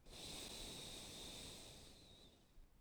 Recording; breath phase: one breath near a microphone; exhalation